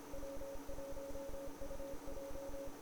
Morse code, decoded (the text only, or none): W1UJ